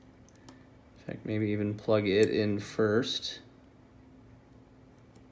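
The ribbon cable connector of a replacement iPhone 6, 6s or 6 Plus battery is positioned and lined up over its socket on the phone's logic board before being pressed straight down, with a few faint taps near 0.3–0.5 s and 5.2 s while someone talks. Nothing has seated or clicked yet in this stretch.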